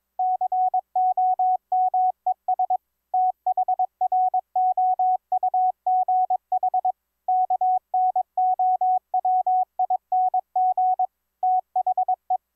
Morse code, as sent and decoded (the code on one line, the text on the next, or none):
-.-. --- -- . ... / - .... .-. --- ..- --. .... / -.- -. --- .-- .. -. --. / - .... .
COMES THROUGH KNOWING THE